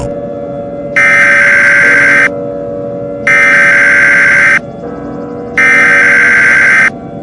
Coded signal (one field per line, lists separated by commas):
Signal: Emergency Alert System (SAME) tones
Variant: header bursts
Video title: EAS Mini Scenario: The Rabies Virus Pandemic